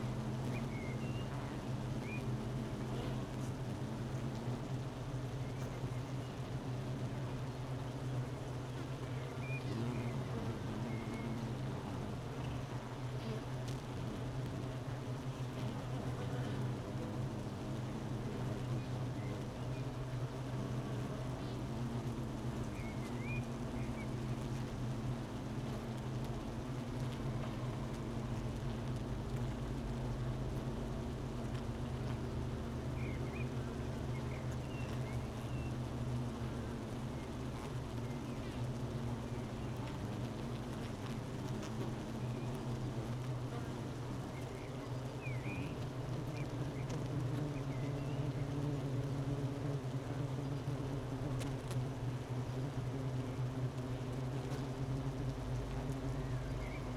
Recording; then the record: honeybee colony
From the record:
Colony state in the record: missing queen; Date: 31 May 2018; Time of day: 12:47